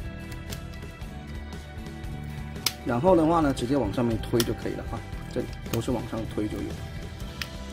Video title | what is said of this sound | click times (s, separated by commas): TAKARA TOMY 日版 變形金剛 TOYOTA Lunar Cruiser Prime 月面探測車 JAXA 筑波宇宙中心式樣 柯博文 變形金剛分享時間 1811集 | 好，到这边先把下方最重要的这个部件把它给扣上，然 | 2.7 s